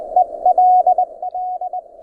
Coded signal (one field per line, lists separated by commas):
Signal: Morse code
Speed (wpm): 20 wpm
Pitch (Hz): 730 Hz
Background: none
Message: EL D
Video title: Morse Code QSO over the internet - software setup - config 16 - (all ASIO apps)